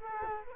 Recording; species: mosquito wingbeat signal from an infrared sensor; Culex quinquefasciatus